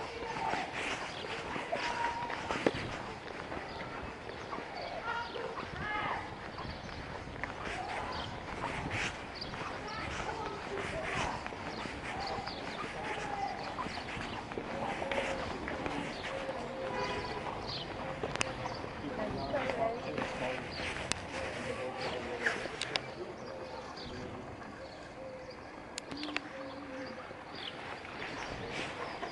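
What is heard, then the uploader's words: A quick walk around the centre of Market Rasen, with voices talking on and off throughout over a steady murmur. Scattered footsteps, light knocks and short clattering sounds come and go, and a few bird calls break through, with the scene thinning out near the end. A quick walk around the centre of Market Rasen.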